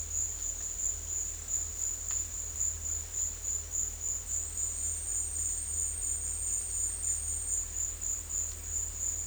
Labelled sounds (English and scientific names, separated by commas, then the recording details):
none
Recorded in dense forest near Puerto Asís, Putumayo, Colombia, on 21 December 2024 at 13:30
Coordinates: 0.467, -76.328
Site GP05